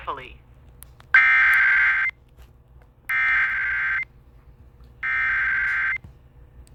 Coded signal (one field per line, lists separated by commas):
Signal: Emergency Alert System (SAME) tones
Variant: header bursts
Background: speech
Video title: Eas FFW in Hawaii Eas#423